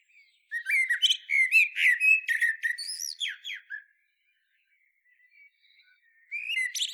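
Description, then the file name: Common blackbird song: a long run of mellow warbled notes and bright high twitters, ending in falling whistles, then quiet before a fresh phrase starts. "Turdus merula"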